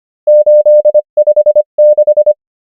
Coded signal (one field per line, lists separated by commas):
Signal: Morse code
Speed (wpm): 25 wpm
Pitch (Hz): 600 Hz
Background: none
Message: 8 5 6